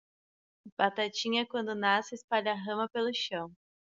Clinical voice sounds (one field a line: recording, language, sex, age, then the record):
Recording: short text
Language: Brazilian Portuguese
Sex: female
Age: 30 to 39 years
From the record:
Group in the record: control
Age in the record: 31 years